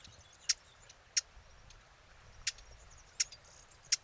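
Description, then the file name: Eurasian blackcap giving hard, sharp tack calls, five dry clicks at uneven intervals over a faint, steady background hiss. "Sylvia atricapilla"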